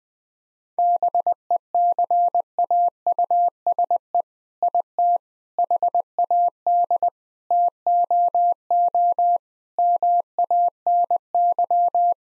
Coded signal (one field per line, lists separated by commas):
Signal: Morse code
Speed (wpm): 21 wpm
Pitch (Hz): 700 Hz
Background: none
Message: BECAUSE IT HAD TOO MANY